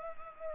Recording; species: mosquito wingbeat signal from an infrared sensor; Anopheles gambiae